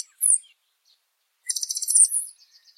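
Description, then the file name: Blue dacnis giving a single sharp, high downslurred note, then after a pause a longer rapid series of thin, high ticking notes. "Canto do Sai azul"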